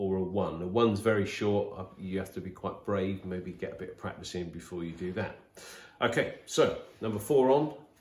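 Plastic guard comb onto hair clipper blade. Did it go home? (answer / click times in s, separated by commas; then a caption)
no / none. Someone talks while handling the number four plastic guard comb to push it onto a hair clipper blade. Nothing has seated or clicked yet; the clip ends just before the guard clips on.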